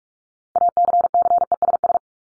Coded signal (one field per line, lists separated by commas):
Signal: Morse code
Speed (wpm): 44 wpm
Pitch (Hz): 700 Hz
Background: none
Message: ACCESS